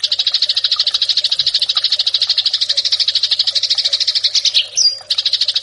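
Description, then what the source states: Eurasian tree sparrow giving a steady, fast stream of high, buzzy chirps throughout, with a short hitch near the end. Fighting-style (tarung) song of the sparrow, locally called burung gereja.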